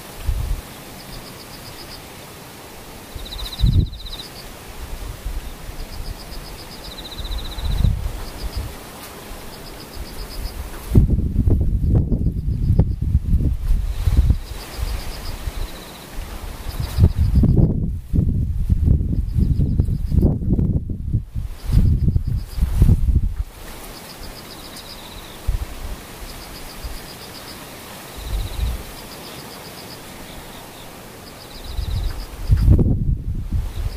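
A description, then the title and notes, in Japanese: A near-silent stretch with faint, high insect chirps repeating steadily throughout, interrupted by low rumbling bumps around the middle and end. ほぼ無音 後半ムシ。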